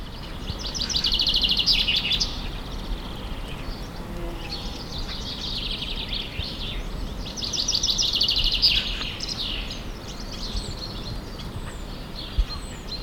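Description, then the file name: Common chaffinch song, several bright trilled phrases over steady low rumbling background noise. "Fringilla coelebs"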